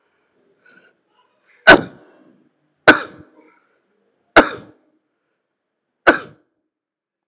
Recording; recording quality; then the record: heavy voluntary cough; excellent, no background noise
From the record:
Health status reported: healthy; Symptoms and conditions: cough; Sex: male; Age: 40 years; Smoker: not ticked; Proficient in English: yes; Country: India